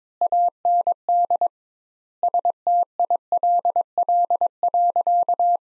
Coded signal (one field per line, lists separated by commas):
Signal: Morse code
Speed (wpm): 22 wpm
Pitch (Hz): 700 Hz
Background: none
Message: AND STILL.